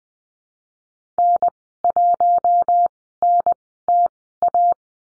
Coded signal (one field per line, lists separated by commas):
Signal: Morse code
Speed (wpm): 20 wpm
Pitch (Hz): 700 Hz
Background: none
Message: N1NTA